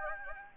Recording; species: mosquito wingbeat signal from an infrared sensor; Anopheles gambiae